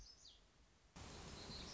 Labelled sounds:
Black-throated Gray Warbler

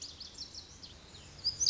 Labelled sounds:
Lazuli Bunting

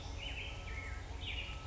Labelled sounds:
Western Tanager

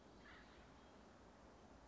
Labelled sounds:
Acorn Woodpecker

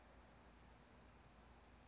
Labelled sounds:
Anna's Hummingbird

